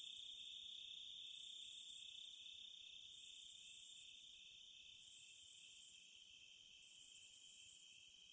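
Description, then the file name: Grasshopper chirps, faint: hissy buzzing bursts about a second long, repeating roughly every two seconds, with a soft steady high tone underneath. "zvuki kuznechika"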